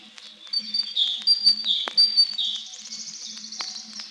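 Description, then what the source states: Great Tit calls: bright, ringing high notes in quick, uneven runs, with a faint low hum underneath. Very ringing voice; the bird does not like to stay silent; some of its calls.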